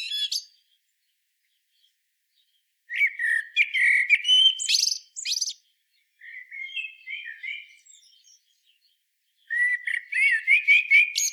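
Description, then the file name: Common blackbird song: several low fluted warbling phrases with squeaky high twitters, separated by pauses of up to a couple of seconds. "Turdus merula"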